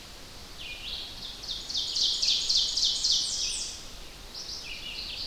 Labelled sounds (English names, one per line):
Ovenbird song